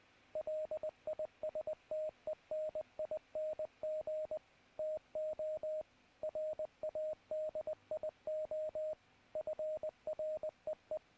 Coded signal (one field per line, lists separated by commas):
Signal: Morse code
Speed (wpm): 20 wpm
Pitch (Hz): 620 Hz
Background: radio noise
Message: LISTENING TO RADIO FREE